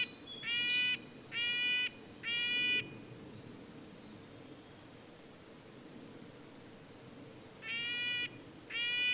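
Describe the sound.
Red-breasted nuthatch sounding short nasal honks, three quick ones, a gap, then two more, with faint high chirps at the start.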